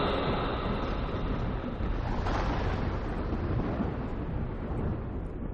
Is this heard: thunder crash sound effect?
yes